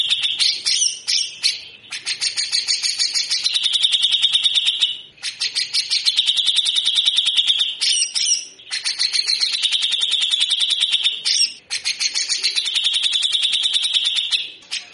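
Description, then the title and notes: Grey-cheeked bulbul's grating, buzzy chatter in several long runs of rapid rough notes, with brief pauses between them. Actively singing (gacor) cucak jenggot giving rough, rasping 'besetan kasar' song, used as a master for training birds. "MASTERAN CUCAK JENGGOT GACOR FULL BESETAN KASAR DURASI PANJANG. MASTERAN CUCAK JENGGOT GACOR BESETAN KASAR DURASI RAPAT. Burung cucak jenggot"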